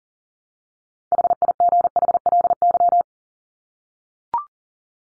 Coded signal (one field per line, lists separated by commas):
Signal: Morse code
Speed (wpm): 40 wpm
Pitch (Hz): 700 Hz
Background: none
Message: HIGHLY